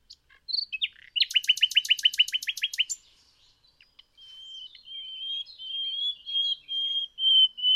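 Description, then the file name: Common nightingale song: a few scattered notes, then a rapid, even rattle of about a dozen hard notes, followed by a long series of thin, sustained whistles. "Luscinia megarhynchos"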